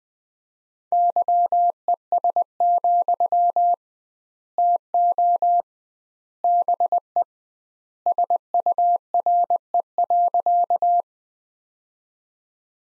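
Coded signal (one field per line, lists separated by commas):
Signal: Morse code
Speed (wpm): 20 wpm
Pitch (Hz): 700 Hz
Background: none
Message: YES, TO BE SURE.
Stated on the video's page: Morse practice at 20 wpm: sentences from the top 500 words, sent with twice the standard word spacing, a word-level analogue of Farnsworth.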